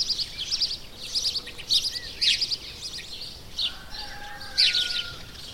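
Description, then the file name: House sparrow chirping in loud, scratchy bursts, with a thin whistle from another bird in the second half. "Passer domesticus"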